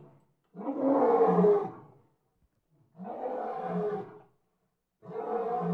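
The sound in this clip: Lion giving three long, rough roars separated by short silences, the last one cut off.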